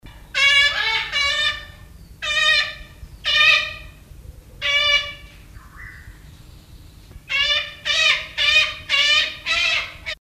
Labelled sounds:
Salmon-crested Cockatoo call

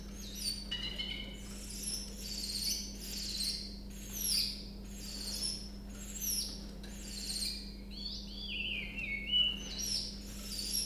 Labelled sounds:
Willow Warbler

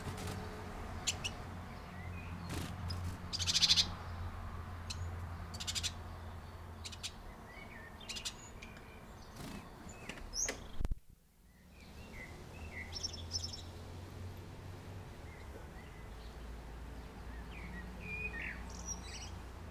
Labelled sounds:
Great Tit call

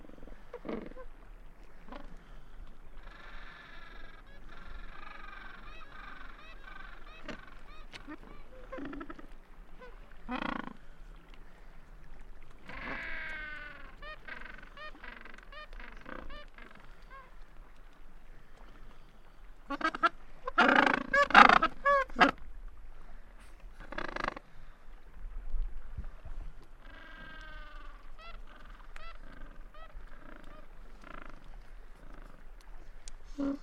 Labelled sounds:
Gentoo Penguin call

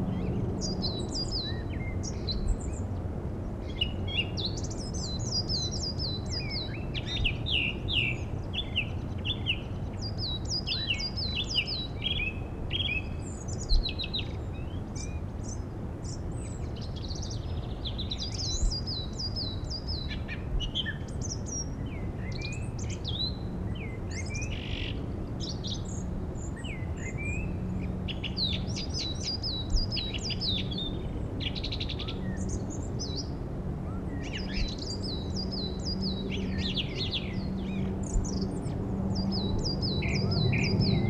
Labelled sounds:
Song Thrush song

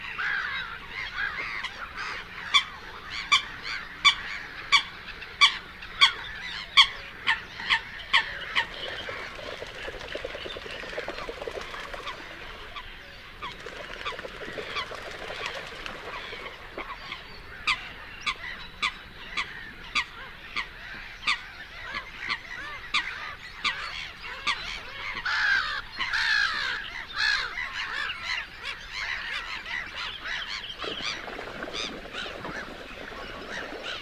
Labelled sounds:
Black-headed Gull call

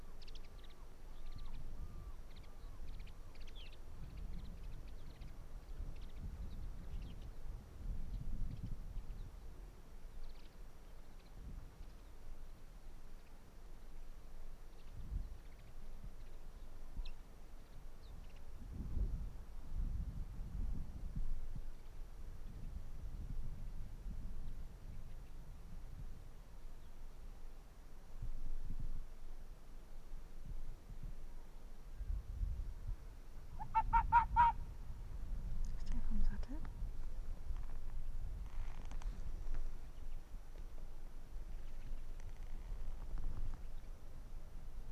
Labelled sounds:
Arctic Fox

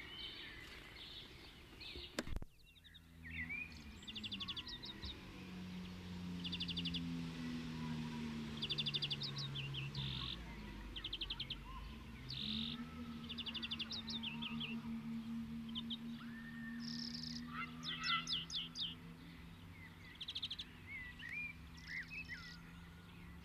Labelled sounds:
European Greenfinch song

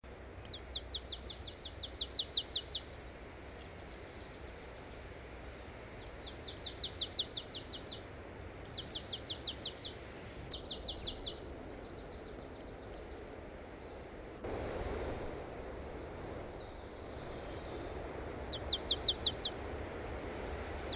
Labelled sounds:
Marsh Tit song

